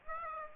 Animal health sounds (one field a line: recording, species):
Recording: mosquito wingbeat signal from an infrared sensor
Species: Aedes aegypti